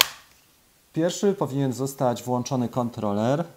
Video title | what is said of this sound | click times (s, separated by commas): Mavic 2 PRO - Wprowadzenie | bateria wkładamy od góry aż do kliknięcia | 0.0 s